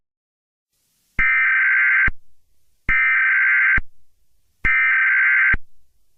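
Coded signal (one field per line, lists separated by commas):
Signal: Emergency Alert System (SAME) tones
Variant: header bursts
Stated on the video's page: Fictional EAS scenario, not a real alert.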